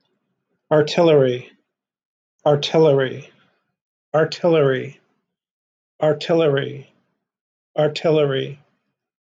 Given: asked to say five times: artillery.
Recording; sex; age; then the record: repeated word; male; 50 to 59 years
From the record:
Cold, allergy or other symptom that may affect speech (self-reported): no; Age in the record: 59 years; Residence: Ohio, United States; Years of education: 12